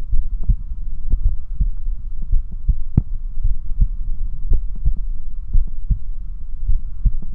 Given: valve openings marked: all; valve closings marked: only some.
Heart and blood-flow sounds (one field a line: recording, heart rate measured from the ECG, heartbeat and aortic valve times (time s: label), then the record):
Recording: heart sounds by stethoscope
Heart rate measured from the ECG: 55 bpm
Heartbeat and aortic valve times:
0.15 s: heartbeat (ECG mark)
0.23 s: aortic valve opens (echo mark)
0.53 s: aortic valve closes (echo mark)
1.27 s: heartbeat (ECG mark)
1.38 s: aortic valve opens (echo mark)
1.63 s: aortic valve closes (echo mark)
2.34 s: heartbeat (ECG mark)
2.44 s: aortic valve opens (echo mark)
2.72 s: aortic valve closes (echo mark)
3.46 s: heartbeat (ECG mark)
3.55 s: aortic valve opens (echo mark)
3.83 s: aortic valve closes (echo mark)
4.52 s: heartbeat (ECG mark)
4.62 s: aortic valve opens (echo mark)
4.88 s: aortic valve closes (echo mark)
5.56 s: heartbeat (ECG mark)
5.64 s: aortic valve opens (echo mark)
5.91 s: aortic valve closes (echo mark)
6.71 s: heartbeat (ECG mark)
6.78 s: aortic valve opens (echo mark)
From the record:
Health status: healthy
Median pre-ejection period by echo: 92 ms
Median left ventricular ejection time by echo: 279 ms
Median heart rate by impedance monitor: 56 bpm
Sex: male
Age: 20 years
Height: 178 cm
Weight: 77 kg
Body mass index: 24.30